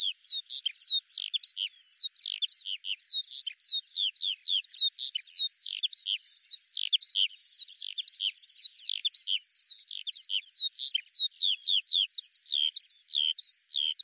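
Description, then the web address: Eurasian skylark pouring out continuous high warbling song, a fast jumble of chirps, slurs and twitters with no breaks. "Deverinetal 2025 Bird Al Ar"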